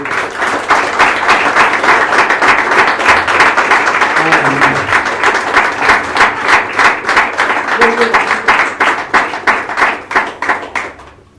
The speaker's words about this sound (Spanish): Vamos a darle un aplauso a Jesús.